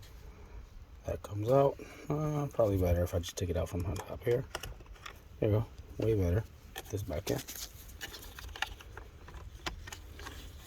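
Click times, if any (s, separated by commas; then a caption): 8.6 s. An electrical wiring connector is pushed back into its socket in the steering column of a 2011–2015 Toyota Sienna during clock spring replacement, while someone talks. After some handling noise, a few short taps lead to a sharp click at 8.6 s as the connector seats, followed by a couple of softer ticks.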